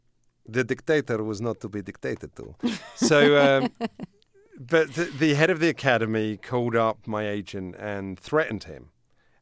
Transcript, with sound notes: The Dictator was not to be dictated to.
(SOUNDBITE OF LAUGHTER)
So, but the head of the Academy called my up agent and threatened him